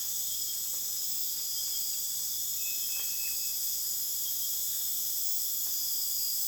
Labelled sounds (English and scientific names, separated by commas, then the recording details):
none
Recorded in dense forest near Puerto Asís, Putumayo, Colombia, on 29 June 2025 at 01:00
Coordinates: 0.484, -76.325
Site H65